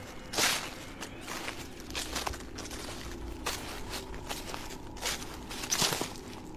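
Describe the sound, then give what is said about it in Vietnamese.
Slow footsteps of a person crunch and rustle through dry leaves outside a door, a handful of crisp, crackly steps spaced unevenly over a low steady background, with no voices. “Ở bên ngoài cánh cửa vang lên tiếng loạt xoạt, tiếng người dẫm lên đám lá khô.”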